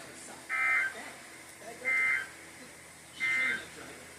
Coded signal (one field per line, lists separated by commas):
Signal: Emergency Alert System (SAME) tones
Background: speech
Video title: Minor Outburst (EAS 293-297)